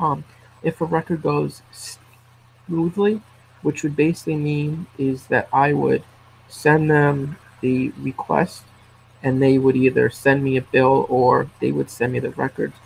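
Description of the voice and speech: Adult male speech broken by mid-phrase pauses, stretched sounds and an 'uh' filler, fitting mild stuttering in a man who has stuttered as long as he can remember, whose blocks still occur but are less severe since an intensive stuttering therapy program.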